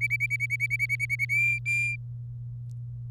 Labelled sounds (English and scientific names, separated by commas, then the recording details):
Domestic Canary (Serinus canaria) song
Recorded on 26 April 2018 at 07:43
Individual llb3